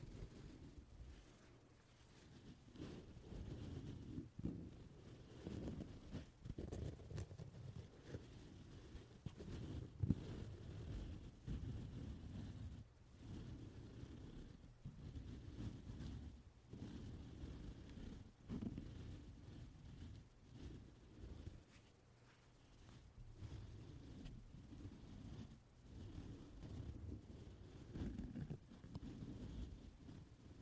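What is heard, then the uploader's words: Soft puffs of air come in quick, uneven bursts, with no voices anywhere. The sound is low and rumbling, like wind buffeting a microphone, pulsing every second or so with brief gaps and a sharper thump near ten seconds. 말없이 퍼프 소리만, 가득 담아봤어요 puff sound no talking asmr.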